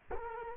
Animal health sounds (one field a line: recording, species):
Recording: mosquito wingbeat signal from an infrared sensor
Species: Culex quinquefasciatus